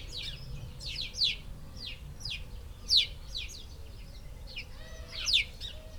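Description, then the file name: House sparrow chirps in uneven bursts, with a few louder notes, over low background hum. "Passer domesticus"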